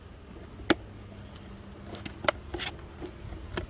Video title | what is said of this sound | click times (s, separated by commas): This Week on the Homestead July 21- Aug 3 | that just snaps into place like so yep that's on there | 0.7 s